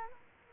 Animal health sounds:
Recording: mosquito wingbeat signal from an infrared sensor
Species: Culex quinquefasciatus

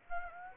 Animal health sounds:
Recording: mosquito wingbeat signal from an infrared sensor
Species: Aedes aegypti

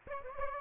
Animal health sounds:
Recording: mosquito wingbeat signal from an infrared sensor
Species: Aedes aegypti

